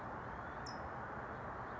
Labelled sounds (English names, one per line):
California Towhee